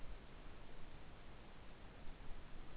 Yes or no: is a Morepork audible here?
no